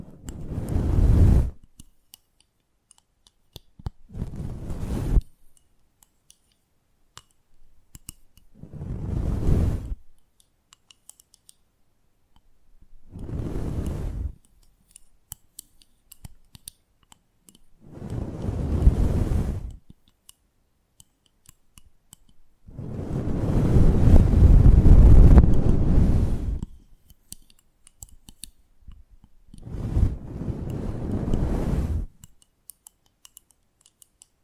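ASMR close-up mic treatment: slow, swelling swishes of rubbing against the mic come roughly every four to five seconds, each fading in and out with a deep low rumble under a hissy top. The longest and loudest pass arrives near twenty-five seconds, with faint clicks and silence between passes.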